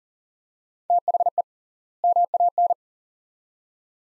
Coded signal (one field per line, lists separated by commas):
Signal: Morse code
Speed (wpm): 40 wpm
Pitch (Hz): 700 Hz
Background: none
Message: THE MAN